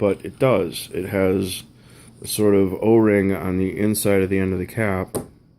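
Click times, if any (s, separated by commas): none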